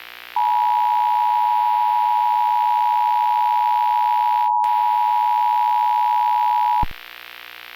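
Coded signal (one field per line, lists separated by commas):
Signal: Emergency Alert System (SAME) tones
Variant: 853 and 960 Hz attention tone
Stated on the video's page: Simulated EAS scenario.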